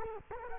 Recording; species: mosquito wingbeat signal from an infrared sensor; Culex quinquefasciatus